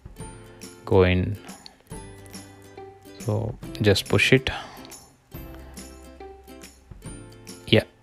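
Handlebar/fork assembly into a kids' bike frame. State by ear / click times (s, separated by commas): seated / 7.7 s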